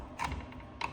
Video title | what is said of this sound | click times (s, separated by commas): HOW TO- RYOBI GARAGE DOOR OPENER TROUBLESHOOT LIMITS AND SENSORS | All right there. Once you hear that snap, you're good. | 0.8 s